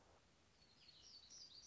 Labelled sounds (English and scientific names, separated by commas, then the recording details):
Black-throated Gray Warbler (Setophaga nigrescens)
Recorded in Sonoma County, California